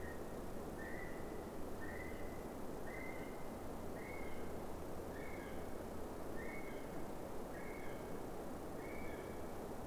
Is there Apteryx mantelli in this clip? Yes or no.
yes